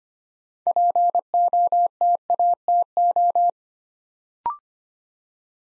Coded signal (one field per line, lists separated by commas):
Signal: Morse code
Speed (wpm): 25 wpm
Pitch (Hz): 700 Hz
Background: none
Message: POTATO